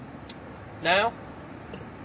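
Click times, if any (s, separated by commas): 0.3 s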